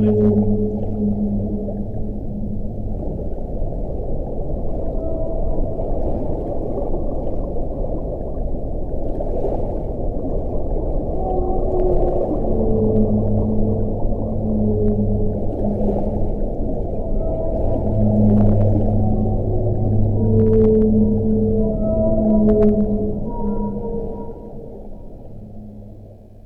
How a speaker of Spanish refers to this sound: Os dejamos con el sonido de la ballena.